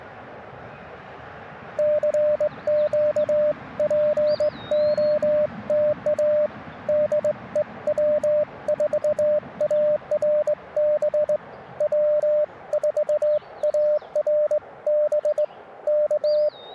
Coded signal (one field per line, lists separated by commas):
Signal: Morse code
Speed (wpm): 21 wpm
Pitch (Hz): 600 Hz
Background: radio noise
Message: CQ POTA DE W4ARB W4ARB K